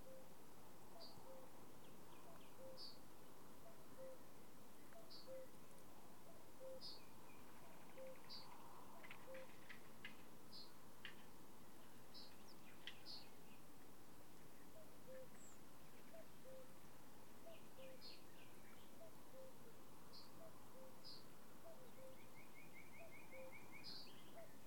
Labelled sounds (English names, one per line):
Fire-Bellied Toad call